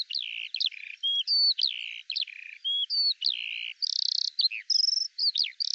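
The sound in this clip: Eurasian skylark song: varied high chirps, slurred down-sweeping whistles and short buzzy bursts flowing without pause, clean background.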